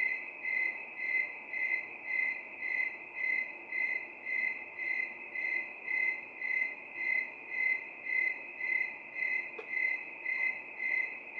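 Cricket chirping, a high steady trill pulsing in regular beats nearly twice a second, with a faint background hiss.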